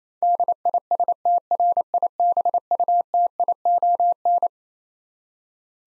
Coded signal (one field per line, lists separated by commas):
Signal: Morse code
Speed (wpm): 28 wpm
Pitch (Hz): 700 Hz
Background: none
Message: DISTRIBUTION